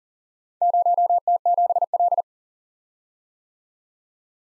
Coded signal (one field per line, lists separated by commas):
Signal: Morse code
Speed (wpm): 39 wpm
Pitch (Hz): 700 Hz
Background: none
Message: 0T7L